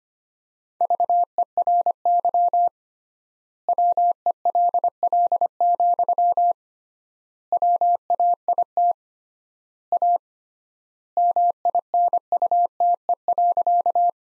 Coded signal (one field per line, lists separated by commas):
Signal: Morse code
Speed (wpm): 25 wpm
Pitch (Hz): 700 Hz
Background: none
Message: VERY WELL, WAIT A MINUTE.